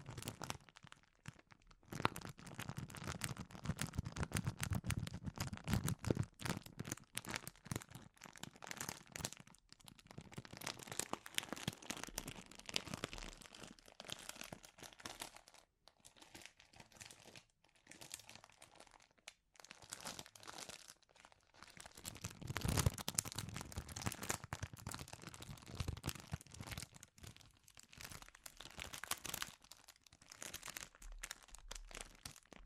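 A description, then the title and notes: Crinkling plastic is handled continuously, making dense bursts of sharp crackles that run from low rustle to bright hiss. The handling comes in irregular waves, heaviest around five and twenty-three seconds, with brief near-silent gaps near sixteen and nineteen seconds. ASMR Sensitive Crinkles (No Talking).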